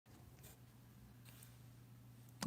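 A plastic cable connector is pushed into its socket in a PC during a build, with a steady low hum underneath and faint scraping sounds. A sharp click comes at 2.4 seconds as the connector seats firmly in its slot.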